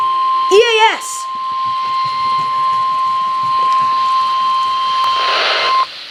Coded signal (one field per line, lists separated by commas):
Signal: Emergency Alert System (SAME) tones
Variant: 1050 Hz attention tone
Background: speech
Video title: NOAA Weather Radio EAS #46: Winter Storm Warning